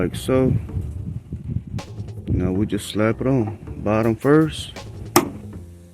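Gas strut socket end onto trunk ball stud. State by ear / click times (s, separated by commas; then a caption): seated / 5.2 s. Someone talks while the metal socket at the bottom end of a gas trunk strut on a Chrysler 300 is pushed onto its ball stud on the car body. A sharp snap at 5.2 s shows the strut end has seated on the stud.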